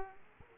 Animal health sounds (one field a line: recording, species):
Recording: mosquito wingbeat signal from an infrared sensor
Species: Aedes aegypti